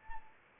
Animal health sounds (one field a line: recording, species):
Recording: mosquito wingbeat signal from an infrared sensor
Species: Anopheles arabiensis